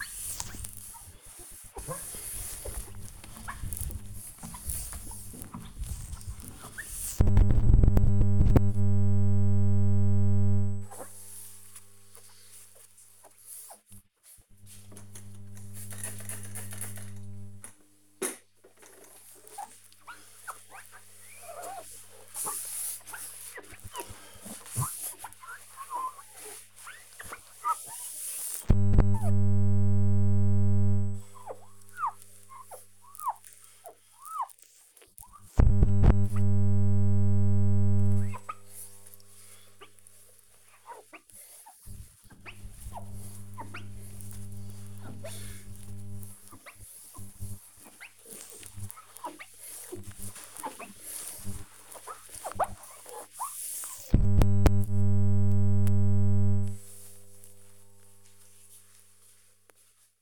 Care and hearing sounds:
household activities, microphone on the right wrist
0.00-55.29 s: window cleaning

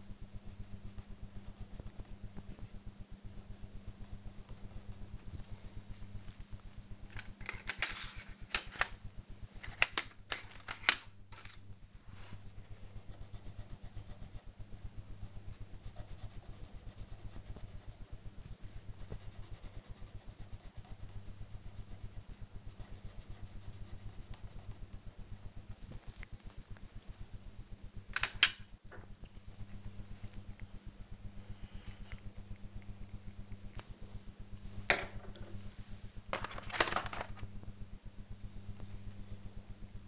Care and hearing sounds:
household activities, microphone on the right wrist
0.00-40.08 s: drawing

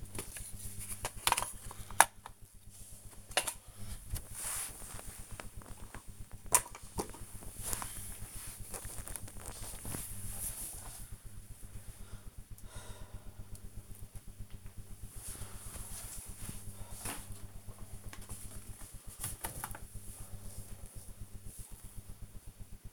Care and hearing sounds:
household activities, microphone on the right wrist
0.00-22.93 s: tidy up the cupboard

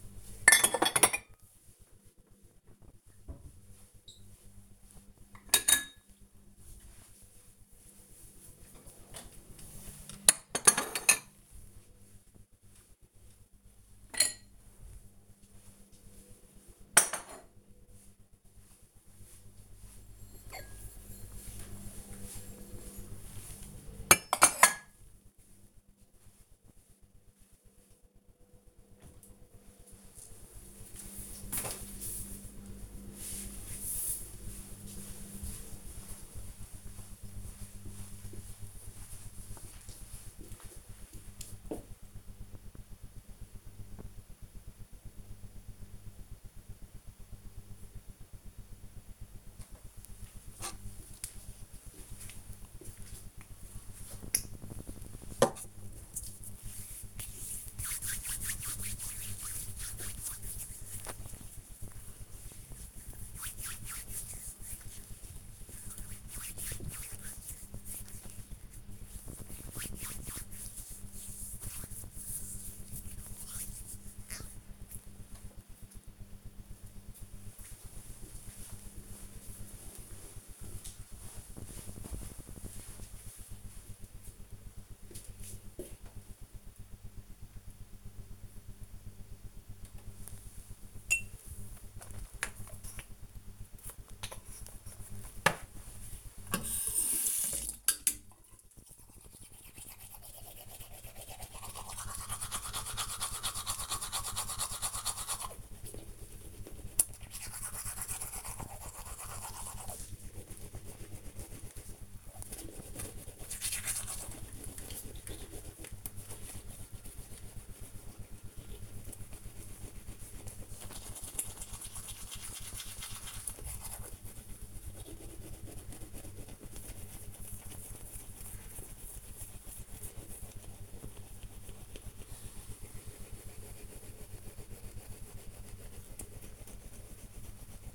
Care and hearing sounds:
household activities, microphone on the right wrist
0.00-28.99 s: putting away the dishes
49.06-75.21 s: disinfecting hands
89.29-137.95 s: brushing teeth

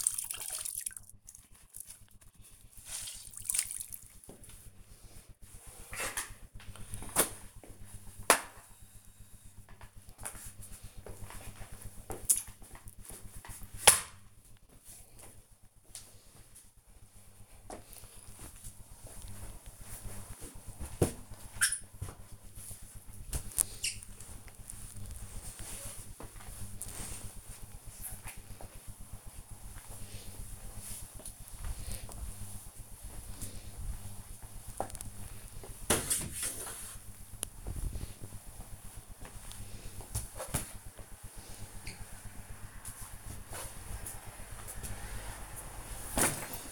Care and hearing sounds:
household activities, microphone on the right wrist
0.00-46.72 s: floor cleaning

